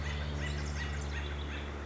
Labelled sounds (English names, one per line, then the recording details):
Acorn Woodpecker
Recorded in Sonoma County, California